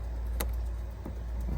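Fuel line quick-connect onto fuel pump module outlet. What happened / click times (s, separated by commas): The fuel line quick-connect snapped home / 0.4 s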